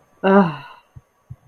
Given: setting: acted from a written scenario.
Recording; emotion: vocal sound without words; relief